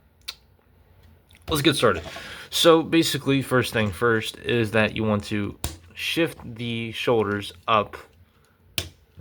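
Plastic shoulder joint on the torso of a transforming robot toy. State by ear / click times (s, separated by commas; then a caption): seated / 8.8 s. Someone talks while shifting the plastic shoulders up on the torso of a Transformers Studio Series 86 Mixmaster and Scavenger transforming robot figure. A single sharp click is heard at 8.8 s as the shoulder joint snaps into its raised position and seats.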